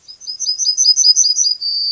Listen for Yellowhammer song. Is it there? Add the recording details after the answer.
yes. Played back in grassland. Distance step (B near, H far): B. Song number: 104